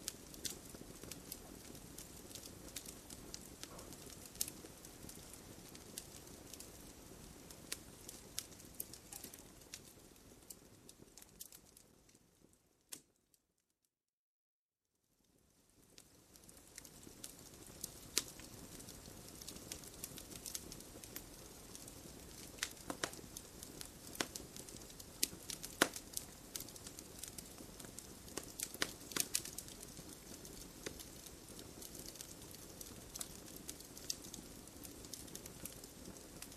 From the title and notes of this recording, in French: Le doux son d'un feu de cheminée réconfortant. Le son d'un feu de cheminée crépitant, cosy et réconfortant.